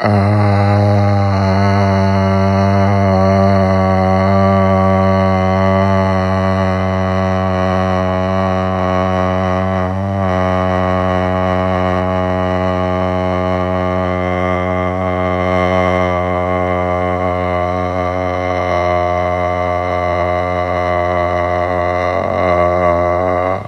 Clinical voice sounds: sustained vowel /a/; male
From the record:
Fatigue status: no fatigue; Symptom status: asymptomatic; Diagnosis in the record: COVID-19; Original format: m4a

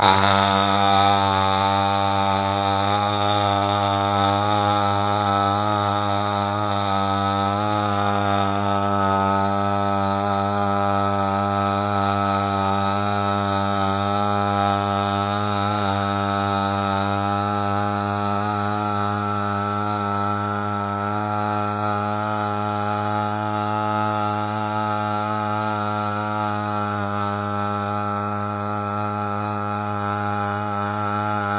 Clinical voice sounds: sustained vowel /a/; male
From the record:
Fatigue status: no fatigue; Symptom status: asymptomatic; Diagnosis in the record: COVID-19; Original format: 3gp

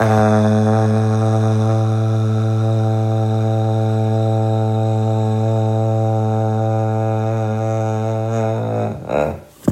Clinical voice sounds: sustained vowel /a/; male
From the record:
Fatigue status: no fatigue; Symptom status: asymptomatic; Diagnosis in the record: COVID-19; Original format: m4a

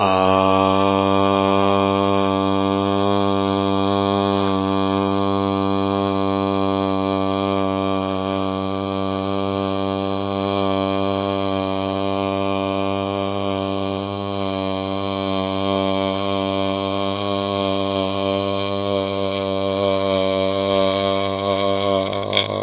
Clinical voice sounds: sustained vowel /a/; male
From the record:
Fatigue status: no fatigue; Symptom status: asymptomatic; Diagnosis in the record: COVID-19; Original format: 3gp

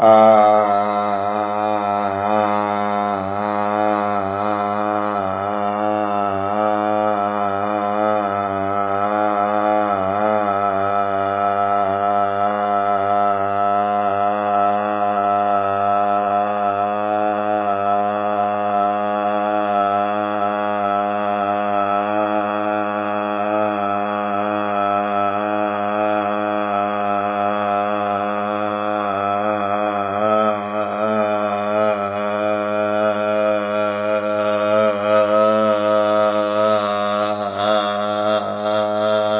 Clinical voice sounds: sustained vowel /a/; male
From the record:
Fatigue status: no fatigue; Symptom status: asymptomatic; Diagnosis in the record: COVID-19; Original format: 3gp

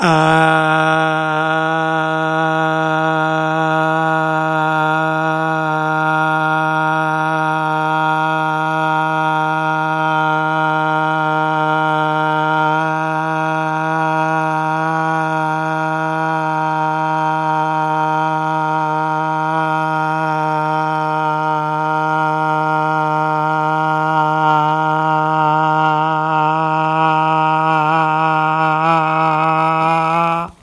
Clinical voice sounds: sustained vowel /a/; male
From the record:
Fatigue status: no fatigue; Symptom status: asymptomatic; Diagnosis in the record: COVID-19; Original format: m4a

